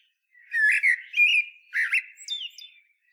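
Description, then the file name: Common blackbird song: rich, low whistled notes in quick succession, rising and falling, trailing off into softer high squeaks. "Turdus merula"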